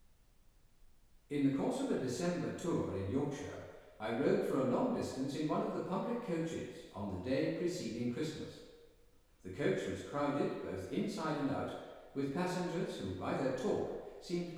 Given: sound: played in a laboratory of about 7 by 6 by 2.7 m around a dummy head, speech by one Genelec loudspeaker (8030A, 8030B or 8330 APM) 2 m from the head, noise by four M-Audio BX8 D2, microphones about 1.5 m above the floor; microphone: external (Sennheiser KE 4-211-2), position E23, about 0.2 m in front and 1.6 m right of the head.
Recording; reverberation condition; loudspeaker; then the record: male speech in English; high; 30 degrees to the right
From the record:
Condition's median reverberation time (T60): about 1300 ms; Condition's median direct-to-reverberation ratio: about -4.0 dB